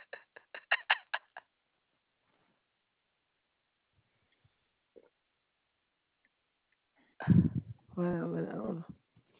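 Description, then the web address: Koala calls: a quick run of rough grunting pulses, a long quiet gap, then a loud, harsh, low rasping call ending in a more tonal moan. Recorded 3 March 2021 at 8:49 AM as part of a Save trial. "Koala CS HMCrecordings 3 3 2021 Save Trial"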